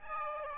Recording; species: mosquito wingbeat signal from an infrared sensor; Aedes aegypti